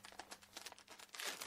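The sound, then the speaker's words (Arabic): Quick, papery rustles and flicks repeat in an uneven rhythm, ending in a slightly fuller swish, as the pages of a small phone-number book are thumbed through one after another while a telephone receiver is held between ear and shoulder at a rotary dial phone. The sound is soft and no one speaks. “مددت إصبعي إلى قرص الهاتف وضغطت على السماعة ما بين أذني وكتفي لأتمكن من تقليب دفتر الأرقام الصغير.”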